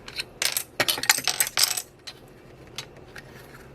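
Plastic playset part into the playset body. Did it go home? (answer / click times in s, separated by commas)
no / none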